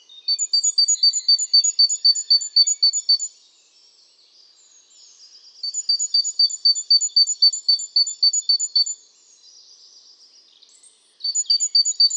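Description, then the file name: Great tit calls: high, thin notes repeated about four times a second in steady runs of roughly three seconds, with short pauses between runs. "Parus major"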